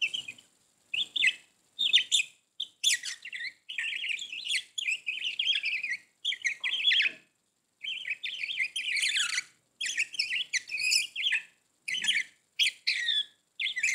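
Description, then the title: Budgerigar warbling song, continuous bursts of fast wavering chirps and twitters with brief gaps throughout. "Budgie Sounds"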